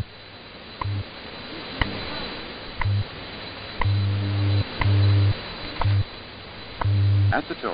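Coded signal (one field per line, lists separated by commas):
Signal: radio time signal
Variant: WWV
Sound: sharp tick every second over hiss, with low buzzing pulses of differing lengths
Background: radio static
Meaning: Ticks mark each second; the low pulses carry the time code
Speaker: providing time of day, standard time interval, and other related information.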